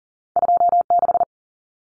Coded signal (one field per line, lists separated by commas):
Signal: Morse code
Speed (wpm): 40 wpm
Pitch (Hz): 700 Hz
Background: none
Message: 26